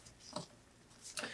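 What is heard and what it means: A plastic/metal drive retaining bracket, with its pin inserted into a hole, is levered down onto the drive mount inside a 20-inch Early 2009 iMac during an SSD upgrade. Two sharp clicks are heard at 0.4 s and 1.2 s as it snaps into place, leaving the bracket securely seated and locking the end of the hard drive.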